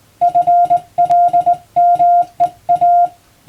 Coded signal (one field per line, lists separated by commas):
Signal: Morse code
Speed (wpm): 21 wpm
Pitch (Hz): 700 Hz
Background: music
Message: FLMEA